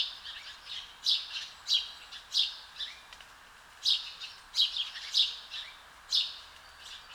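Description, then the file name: House sparrow calls: short, bright chirps given singly or in pairs at uneven intervals over a quiet background. "Passer domesticus"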